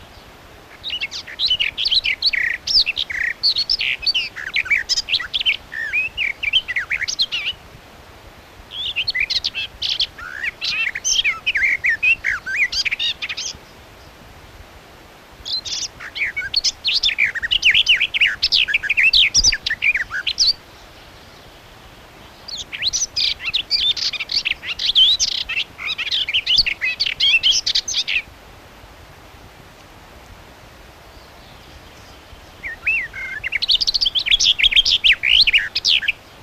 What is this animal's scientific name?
Sylvia borin